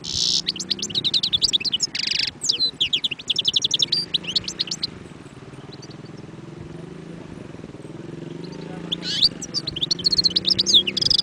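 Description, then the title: European goldfinch song: rapid tinkling, liquid twitters with a harsh nasal buzz, breaking off midway for a few quiet seconds before resuming, over a steady low hum. Wild bird. "اجمل غناءالحسون الخلويchant chardonneret sauvage"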